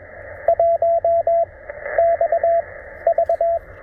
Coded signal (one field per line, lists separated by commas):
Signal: Morse code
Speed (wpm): 22 wpm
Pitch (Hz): 690 Hz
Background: radio noise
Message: 1 X V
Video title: Coffee and Morse Code: A Relaxing QRP POTA Activation at Clemmons Educational State Forest